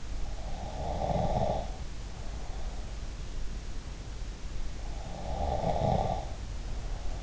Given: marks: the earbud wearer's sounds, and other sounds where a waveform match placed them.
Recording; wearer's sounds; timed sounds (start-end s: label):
sounds in sleep by an in-ear microphone; snoring breath
0.47-2.71 s: snoring breath
4.90-7.23 s: snoring breath